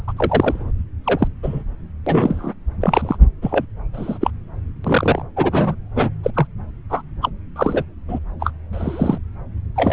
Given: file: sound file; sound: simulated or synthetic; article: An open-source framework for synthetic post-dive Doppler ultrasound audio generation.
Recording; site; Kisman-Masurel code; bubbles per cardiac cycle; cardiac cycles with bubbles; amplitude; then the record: Doppler ultrasound audio after a dive; subclavian; 243; several, 3–8; 100%; loud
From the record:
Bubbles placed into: full cardiac cycles